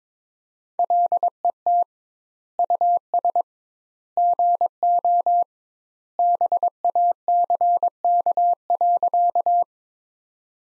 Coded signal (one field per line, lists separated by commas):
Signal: Morse code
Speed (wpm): 22 wpm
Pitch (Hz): 700 Hz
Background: none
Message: LET US GO BACK.